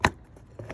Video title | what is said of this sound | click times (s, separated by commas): Easy Oil Change For Your 2015 Chevy Trax Ecotec 1.4 Turbo! 🚗 Sonic Equinox Cruze | this is your click you're fine | 0.0 s